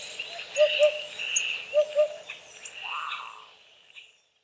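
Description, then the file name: Eurasian hoopoe with two pairs of soft, low hollow hoots about a second apart, over faint high bird chatter and a later rising call. "dudek"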